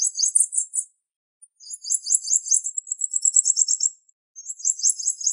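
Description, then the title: Bird song, a thin high-pitched rattling trill, a gap of silence, then a longer phrase of fast repeated notes and another trill after a pause. "LuckyPassaros CompletosSama"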